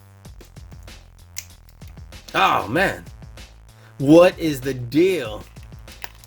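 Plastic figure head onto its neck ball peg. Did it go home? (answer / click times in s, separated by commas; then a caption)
yes / 6.0 s. The plastic head of a Marvel Legends Hulkbuster build-a-figure is pushed back onto its neck ball peg after several fumbling tries, with soft plastic taps and handling noises while someone talks. A sharp snap at 6.0 s marks the head popping into place and seating on the joint, followed by a few faint ticks.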